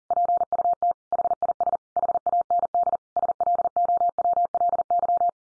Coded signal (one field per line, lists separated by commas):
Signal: Morse code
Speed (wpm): 40 wpm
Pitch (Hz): 700 Hz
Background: none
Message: PUT HIS HAND SLOWLY